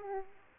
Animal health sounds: mosquito wingbeat signal from an infrared sensor; Aedes aegypti

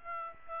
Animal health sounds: mosquito wingbeat signal from an infrared sensor; Aedes aegypti

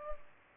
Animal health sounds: mosquito wingbeat signal from an infrared sensor; Culex pipiens

